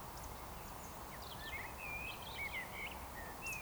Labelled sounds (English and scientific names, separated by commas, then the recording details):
Eurasian Woodcock (Scolopax rusticola) whistle
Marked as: whistle, whistle
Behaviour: display flight
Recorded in Baden-Württemberg, Germany, on 14 June 2020 at 19:34 UTC
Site 43791, 788 m above sea level